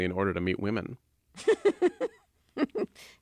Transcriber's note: laughter